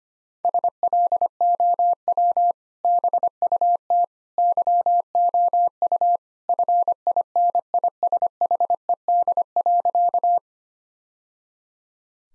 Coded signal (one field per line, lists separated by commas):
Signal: Morse code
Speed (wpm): 25 wpm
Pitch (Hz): 700 Hz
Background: none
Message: SLOW BUT YOU FINISHED.